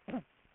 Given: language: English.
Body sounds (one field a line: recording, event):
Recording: throat vibration sensor signal played as sound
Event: cough